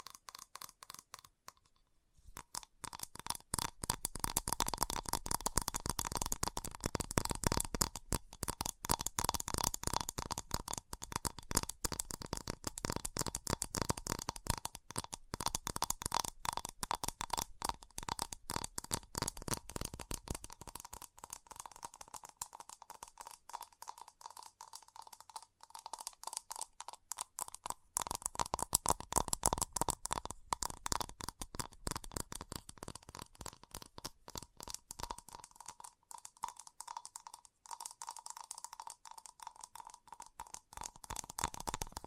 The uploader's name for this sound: ASMR Fast Tapping